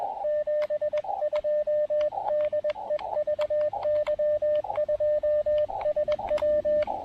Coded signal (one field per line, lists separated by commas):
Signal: Morse code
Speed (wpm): 20 wpm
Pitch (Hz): 590 Hz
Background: radio noise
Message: 72 DE VY2SW